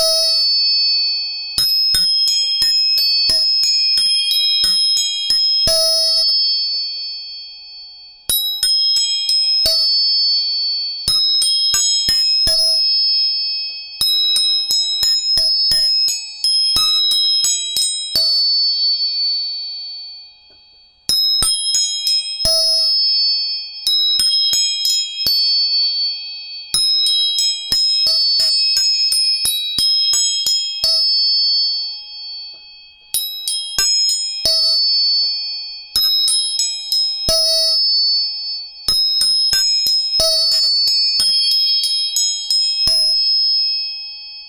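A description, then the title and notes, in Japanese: Tuning forks are struck in rapid bursts, each tap adding bright, sustained ringing tones that hang steadily over brief pauses. 音叉チューニング全体性。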